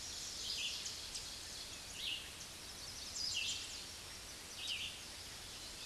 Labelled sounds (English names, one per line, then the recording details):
Red-eyed Vireo song
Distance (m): 20 m
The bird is about 20 m above the microphone
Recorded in a Pennsylvania forest on 16 May 2024 at 06:32
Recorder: AudioMoth, point MSD-0079
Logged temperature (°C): 16.1 °C
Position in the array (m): 165 m, 72 m